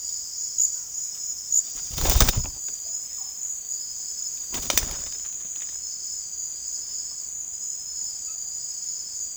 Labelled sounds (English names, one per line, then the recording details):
none
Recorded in secondary vegetation near Puerto Asís, Putumayo, Colombia, on 25 June 2025 at 16:30
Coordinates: 0.485, -76.322
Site GP06